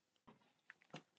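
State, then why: Seated. The plastic back cover of an undercarriage engine housing on a 1:32 scale model Lancaster bomber is pressed on over the wires. After a soft handling rustle, a sharp click at 0.7 s marks it seating, followed by smaller ticks and a louder clatter near 1.0 s. The back piece is confirmed on and seated.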